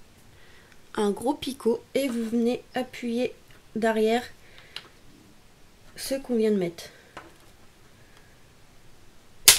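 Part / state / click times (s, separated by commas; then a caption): plastic peg into wire jig board / seated / 9.5 s. A large plastic peg is pressed from behind into a plastic wire-jig board while someone talks. A sharp click at 9.5 seconds marks the peg clipping firmly into the board.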